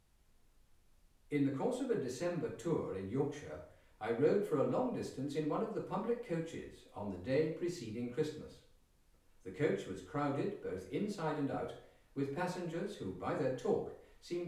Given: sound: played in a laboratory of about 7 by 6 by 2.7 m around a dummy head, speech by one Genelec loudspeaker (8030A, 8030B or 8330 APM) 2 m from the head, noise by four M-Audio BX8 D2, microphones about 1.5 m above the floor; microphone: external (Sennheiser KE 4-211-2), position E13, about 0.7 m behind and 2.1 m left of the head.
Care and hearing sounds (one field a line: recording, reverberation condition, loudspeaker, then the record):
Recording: male speech in English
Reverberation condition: medium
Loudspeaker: 90 degrees to the right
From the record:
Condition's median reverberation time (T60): about 510 ms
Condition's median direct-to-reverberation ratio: about -0.5 dB